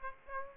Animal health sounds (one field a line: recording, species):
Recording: mosquito wingbeat signal from an infrared sensor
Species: Aedes aegypti